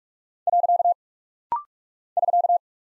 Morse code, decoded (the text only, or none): . <SK>